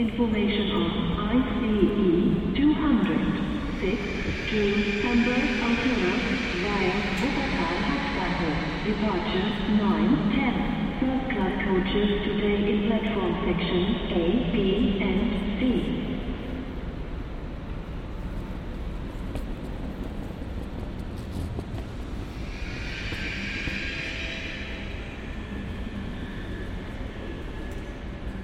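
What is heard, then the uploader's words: At a busy train station, a loud amplified announcement fills the first fifteen seconds, its voice echoing over a low constant rumble of trains and crowd. Afterward the hall noise continues more quietly, with a brief hiss around twenty-three seconds. Cologne Central Station | Train station sounds. Recorded on Cologne Central Station. Sound of trains, people and station announcements.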